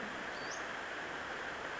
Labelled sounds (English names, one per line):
Western Flycatcher